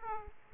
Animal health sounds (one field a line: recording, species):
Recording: mosquito wingbeat signal from an infrared sensor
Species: Aedes aegypti